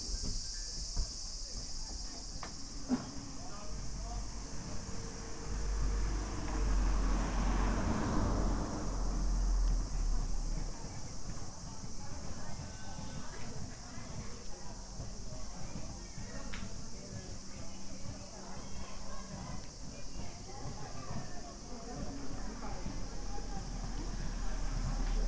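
A field recording in Kyoto, Japan: a steady outdoor murmur with faint voices, a passing swell around six to ten seconds, and occasional sharp clicks.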